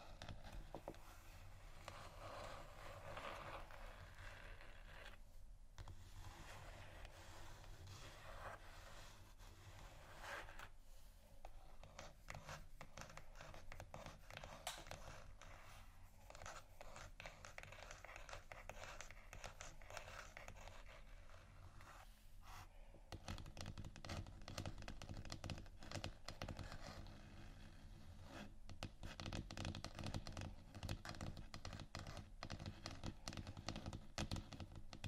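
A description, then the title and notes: Scratching and tapping on textured surfaces, a dense run of quick, crackly strokes that continues with little pause. Brief gaps near 5, 11 and 23 seconds break it up, and the rubbing grows busier and louder toward the end over a low steady hum. ASMR Scratchingtapping On Textures（No Talking）.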